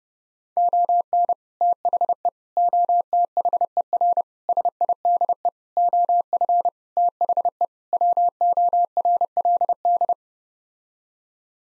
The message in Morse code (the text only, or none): ON THE OTHER SIDE OF THE WORLD